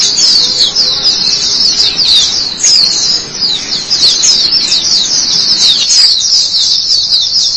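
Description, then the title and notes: White-eye song, an unbroken stream of thin, high, rapidly tumbling chirps with short downslurred elements. "Suara kicauan burung pleci"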